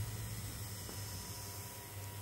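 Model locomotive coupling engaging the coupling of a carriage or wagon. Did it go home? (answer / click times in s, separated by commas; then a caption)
no / none. A Hornby Class J13 model tank engine is eased slowly onto a model carriage or wagon so its coupling hooks can engage with the rolling stock's coupling. Only a steady hiss and a low hum are heard, with no distinct impacts. Nothing has seated or clicked yet.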